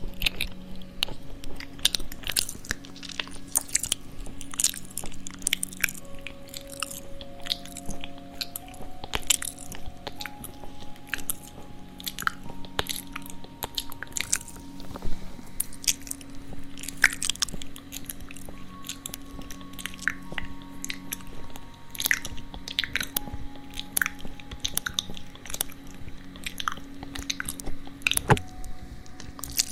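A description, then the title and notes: A cat licks an ear, making a dense run of wet, crunchy clicks and smacks that keep coming at an uneven, quick pace for the whole half minute. A low, steady hum sits underneath, with faint thin tones drifting in the background. ASMR Kitty Ear Licking.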